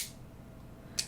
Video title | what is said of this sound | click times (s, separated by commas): Survivor Pens - AG Spalding and Bros | you know, it snaps to post. | 1.0 s